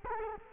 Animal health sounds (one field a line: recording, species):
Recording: mosquito wingbeat signal from an infrared sensor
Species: Culex quinquefasciatus